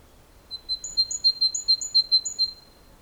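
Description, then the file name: Great tit calling with a short burst of high, alternating two-pitch notes lasting about two seconds, then quiet. "Parus major"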